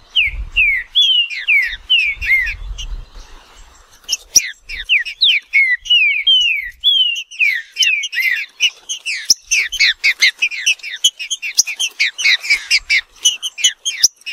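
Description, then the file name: Green-winged saltator song: repeated falling whistled phrases that become a dense rapid chatter of slurred notes, with low rumbling at the start. "canto do trinca ferro"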